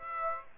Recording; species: mosquito wingbeat signal from an infrared sensor; Aedes aegypti